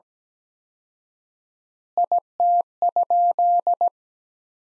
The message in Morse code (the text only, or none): IT?